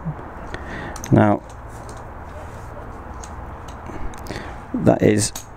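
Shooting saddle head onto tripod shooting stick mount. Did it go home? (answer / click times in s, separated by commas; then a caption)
no / none. A shooting saddle head is handled at the top of a tripod shooting stick mount, with brief light knocks and clicks of handling while someone talks. The part has not gone home yet and nothing has seated or clicked into place.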